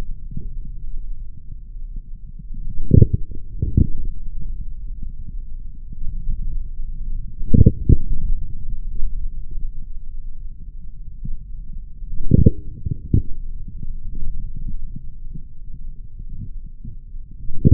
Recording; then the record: forearm muscle sounds (acoustic myography)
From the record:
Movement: forearm supination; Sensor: system 3, bracelet of six PUI Audio POM-2738L microphones around the upper forearm, with dedicated amplification and filtering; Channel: 1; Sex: male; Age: 43 years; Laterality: right